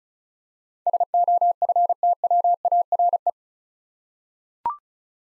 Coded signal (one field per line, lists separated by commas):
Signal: Morse code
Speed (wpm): 36 wpm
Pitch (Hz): 700 Hz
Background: none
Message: SOFTWARE